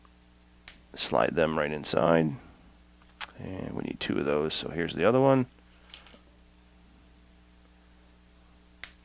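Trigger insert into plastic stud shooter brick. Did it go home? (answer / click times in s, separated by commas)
yes / 8.8 s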